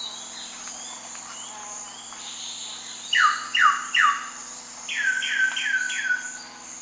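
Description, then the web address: Solitary black cacique song, loud descending swooping notes in a burst of three then a burst of four, with faint whistles and a steady high hum behind. Two birds singing, eastern lowlands of South America. "Natures Songs S America Eastern Lowlands. Cacicus solitarius, songs 2 birds"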